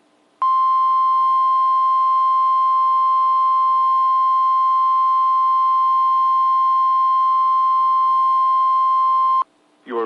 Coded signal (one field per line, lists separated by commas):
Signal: Emergency Alert System (SAME) tones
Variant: 1050 Hz attention tone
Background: speech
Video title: HELLO EVERYONE EAS Tests From 8/4/21 (EAS #780-787)